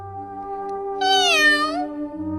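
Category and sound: animal, kitten meowing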